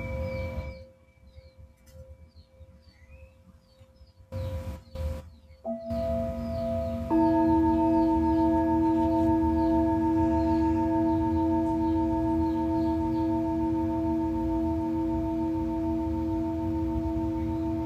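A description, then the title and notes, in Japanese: Tibetan singing bowls hum with long, steady ringing tones that layer and swell. A faint tone opens, the sound drops out briefly around four to six seconds, then new strikes near six and seven seconds bring a fuller, louder sustained drone. Soft bird chirps sound throughout. メキシコからチベタンシンギングボウルのサウンドヒーリングライブ。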